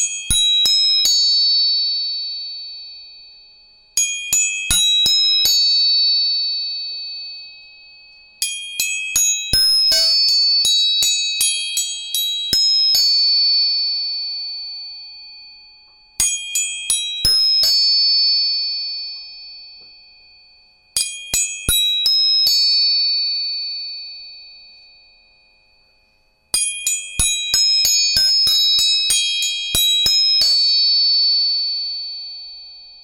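Tuning forks are struck in quick clusters about every five seconds, their bright, pure ringing tones overlapping and fading slowly, with silence otherwise.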